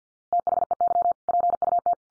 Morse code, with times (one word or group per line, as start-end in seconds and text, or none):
0.3-1.1 THEY
1.3-1.9 PUT